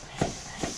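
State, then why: Not seated. A road bike tubeless tyre is being inflated with a burst of air from a pressurised pump so its rubber bead seals against the rim. Over a steady hiss, two short, muffled low thumps sound at about 0.2 s and 0.6 s. Nothing has seated or popped onto the rim yet.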